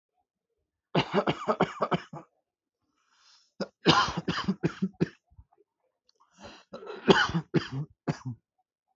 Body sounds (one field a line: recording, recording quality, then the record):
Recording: heavy voluntary cough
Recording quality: excellent, no background noise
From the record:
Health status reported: healthy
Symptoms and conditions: hypertension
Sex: male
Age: 29 years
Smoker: not ticked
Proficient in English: yes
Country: India